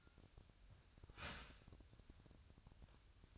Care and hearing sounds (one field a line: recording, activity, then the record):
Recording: daily activity, microphone in the room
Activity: start toaster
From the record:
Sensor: 2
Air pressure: 1001.8 hPa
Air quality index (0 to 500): 245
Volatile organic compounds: 37 ppm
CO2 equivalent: 3092 ppm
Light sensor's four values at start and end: 10/31/12/12 and 10/31/12/12